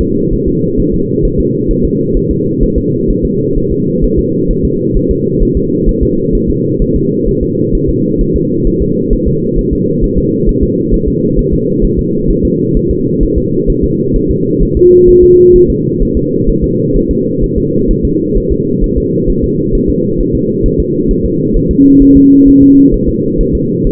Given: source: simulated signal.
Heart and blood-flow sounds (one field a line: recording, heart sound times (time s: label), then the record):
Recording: fetal heart sounds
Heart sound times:
0.01 s: S2
0.33 s: S1
0.48 s: S2
0.80 s: S1
0.94 s: S2
1.25 s: S1
1.40 s: S2
1.71 s: S1
1.85 s: S2
2.17 s: S1
2.31 s: S2
2.63 s: S1
2.78 s: S2
3.10 s: S1
3.25 s: S2
3.58 s: S1
3.72 s: S2
4.04 s: S1
4.19 s: S2
4.51 s: S1
4.65 s: S2
4.97 s: S1
5.11 s: S2
5.43 s: S1
5.57 s: S2
5.89 s: S1
6.03 s: S2
6.35 s: S1
6.50 s: S2
6.82 s: S1
6.96 s: S2
7.28 s: S1
7.43 s: S2
7.75 s: S1
7.89 s: S2
8.21 s: S1
8.36 s: S2
8.67 s: S1
8.82 s: S2
9.13 s: S1
9.28 s: S2
9.59 s: S1
9.73 s: S2
10.04 s: S1
10.18 s: S2
10.49 s: S1
10.63 s: S2
10.94 s: S1
11.08 s: S2
11.39 s: S1
11.53 s: S2
11.85 s: S1
11.99 s: S2
12.31 s: S1
12.45 s: S2
12.77 s: S1
12.91 s: S2
13.23 s: S1
13.38 s: S2
13.70 s: S1
13.84 s: S2
14.16 s: S1
14.31 s: S2
14.63 s: S1
14.77 s: S2
15.09 s: S1
15.23 s: S2
15.56 s: S1
15.70 s: S2
16.03 s: S1
16.17 s: S2
16.49 s: S1
16.64 s: S2
16.97 s: S1
17.11 s: S2
17.44 s: S1
17.58 s: S2
17.91 s: S1
18.05 s: S2
18.37 s: S1
18.52 s: S2
18.84 s: S1
18.98 s: S2
19.30 s: S1
19.44 s: S2
19.75 s: S1
19.90 s: S2
20.20 s: S1
20.35 s: S2
20.66 s: S1
20.80 s: S2
21.11 s: S1
21.25 s: S2
21.56 s: S1
21.71 s: S2
22.02 s: S1
22.17 s: S2
22.48 s: S1
22.62 s: S2
22.94 s: S1
23.09 s: S2
23.41 s: S1
23.55 s: S2
23.87 s: S1
From the record:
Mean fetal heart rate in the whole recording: 130 bpm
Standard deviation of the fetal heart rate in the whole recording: 4 bpm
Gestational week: 38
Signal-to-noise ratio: -11.2 dB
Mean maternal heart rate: 72 bpm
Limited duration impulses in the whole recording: present